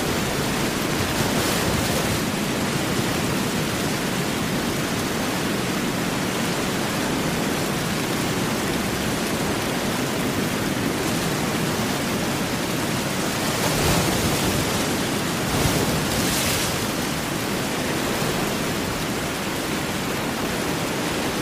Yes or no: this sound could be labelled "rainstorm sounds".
yes